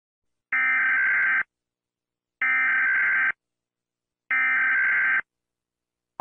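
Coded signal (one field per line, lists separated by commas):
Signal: Emergency Alert System (SAME) tones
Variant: header bursts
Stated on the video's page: Fictional fan-made EAS scenario, simulated alert.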